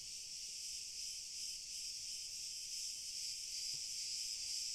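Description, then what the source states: Crickets in chorus, a steady unbroken high shimmering trill in layered bands that holds evenly throughout, with a faint low rumble underneath. Chorus of crickets heard at a distance.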